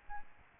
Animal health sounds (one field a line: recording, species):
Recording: mosquito wingbeat signal from an infrared sensor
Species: Aedes albopictus